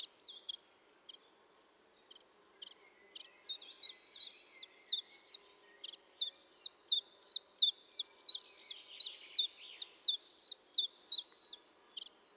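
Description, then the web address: Common chiffchaff singing a few scattered clipped high notes, then a long, regular series of them at a brisk, even pace. Recorded at Valsolda. "cibra valsolda. Lui piccolo"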